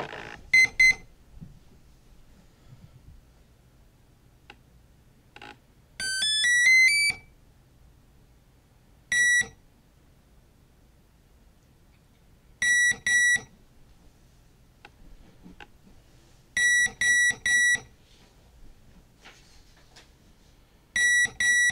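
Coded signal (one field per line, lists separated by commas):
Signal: beep code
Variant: Turnigy Plush ESC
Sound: rising five-note startup tune, then separate groups of short high beeps with pauses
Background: quiet room, faint handling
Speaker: let me run through the cheat sheet with you showing some of the representative sounds so you can understand what we're talking about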